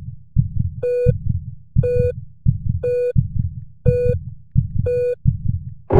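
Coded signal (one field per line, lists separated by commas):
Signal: none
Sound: heartbeat pulses in music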